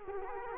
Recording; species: mosquito wingbeat signal from an infrared sensor; Culex quinquefasciatus